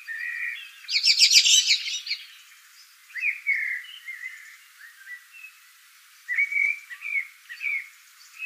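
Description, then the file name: Eurasian blackbird giving a burst of high, buzzy chatter, then a few short, fluty whistled phrases separated by pauses. "Turdus merula"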